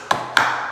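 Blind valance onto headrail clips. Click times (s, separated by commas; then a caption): 0.1 s, 0.4 s. A blind valance is pressed onto the plastic clips on a window blind headrail, giving two sharp, bright snaps at 0.1 s and 0.4 s. The valance snaps into place on the clips.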